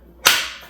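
The metal lock bar of a Harbor Freight aluminum ATV motorcycle lift is pulled up into its retaining clips before the lift is lowered. A single sharp, bright metallic hit sounds at 0.3 s and rings down over about half a second. The bar seats in the clips.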